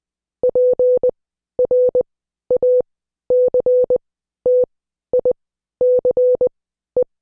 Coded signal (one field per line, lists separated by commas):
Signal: Morse code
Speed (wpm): 20 wpm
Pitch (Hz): 500 Hz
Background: none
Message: PRACTICE